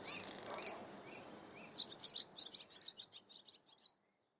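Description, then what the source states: Barn Swallow twitter, a run of many rapid high chirps after a short noisy burst and two faint notes. Summer visitor wintering in southern South Africa; sings perched on wires, chattering excitedly; builds mud nests always inside buildings such as garages, porches and barns, on ledges, above windows, on beams.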